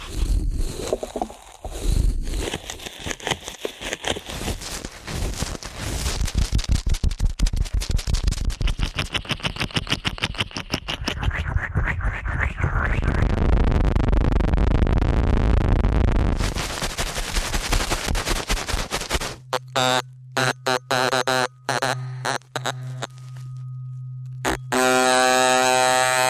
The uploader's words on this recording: ASMR Ear Cleaning at Helicopter Speed for the Heavily Immune (No Talking).